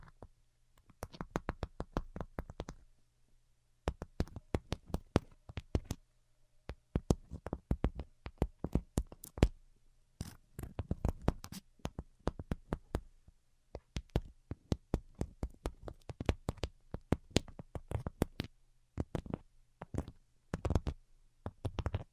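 Delicate tapping comes in quick, irregular bursts of light clicks, each a sharp crisp tick reaching high up, with brief pauses between clusters. A faint low steady hum sits underneath throughout the 22 seconds.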